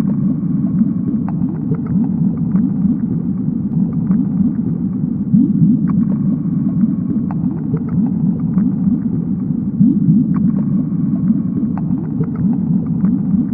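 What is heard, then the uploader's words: A steady, muffled underwater rumble, dense and low, holds at an even level throughout with a constant churning texture. Faint, brief clicks and ticks surface every second or so above the murky drone. Underwater | Water Sounds | Ocean Sounds.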